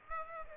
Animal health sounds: mosquito wingbeat signal from an infrared sensor; Aedes aegypti

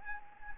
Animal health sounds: mosquito wingbeat signal from an infrared sensor; Anopheles gambiae

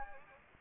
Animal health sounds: mosquito wingbeat signal from an infrared sensor; Anopheles gambiae

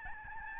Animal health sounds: mosquito wingbeat signal from an infrared sensor; Aedes albopictus

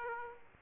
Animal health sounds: mosquito wingbeat signal from an infrared sensor; Aedes aegypti

